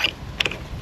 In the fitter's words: Snap in place like that.